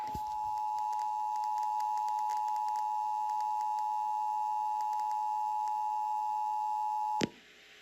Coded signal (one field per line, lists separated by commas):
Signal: Emergency Alert System (SAME) tones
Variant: 853 and 960 Hz attention tone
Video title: Iowa EAS Required Monthly Test and WHO (AM) RWT (December 4, 2019)